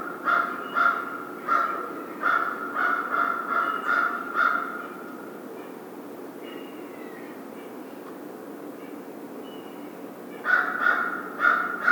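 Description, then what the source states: American crow giving rapid bursts of harsh caws, then a lull with faint thin notes, then the caws resume. 1 February 2010.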